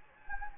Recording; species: mosquito wingbeat signal from an infrared sensor; Anopheles gambiae